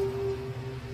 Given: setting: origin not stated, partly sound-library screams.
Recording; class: one-second piece from a danger detection set; normal situation